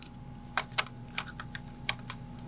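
A small plastic LEGO piece is pressed all the way into a plastic LEGO TIE Interceptor model during the build. A series of small plastic clicks ends in a sharper final click at 1.9 s, and the piece is seated fully home.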